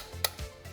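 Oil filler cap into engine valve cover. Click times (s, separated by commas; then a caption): 0.2 s. After refilling the engine oil on a Fox Body Mustang, the plastic oil filler cap is screwed back onto the engine valve cover and turned until its ratchet clicks. One sharp tick at 0.3 s shows the cap has seated, followed by a faint low thud around 0.4 s.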